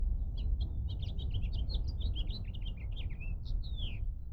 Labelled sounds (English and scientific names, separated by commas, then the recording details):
House Finch (Haemorhous mexicanus) song
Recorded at Lawrence on Long Island, New York, on 4 June 1975
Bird D